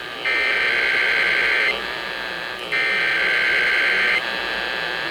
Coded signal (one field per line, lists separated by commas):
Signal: Emergency Alert System (SAME) tones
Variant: header bursts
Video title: Monthly EAS Tests (+ Random Valentine's Day Rant) (2/14/23) (EAS #777-789)